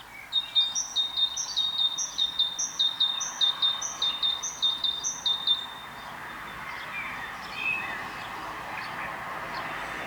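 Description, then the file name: Great tit: a steady run of sharp, high, two-part notes, then quieter scattered chirps in the background. "Parus major"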